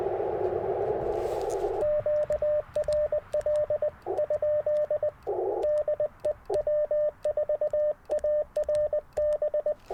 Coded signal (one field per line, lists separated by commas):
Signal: Morse code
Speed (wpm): 20 wpm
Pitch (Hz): 600 Hz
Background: radio noise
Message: QRL? DE W4ARB